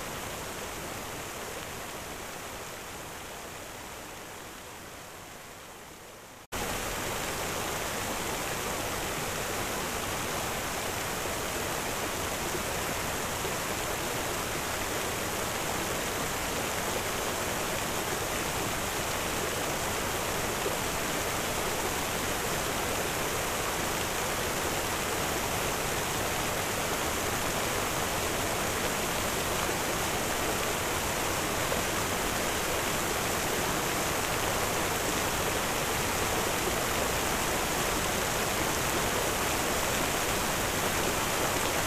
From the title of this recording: Water Fountain Sound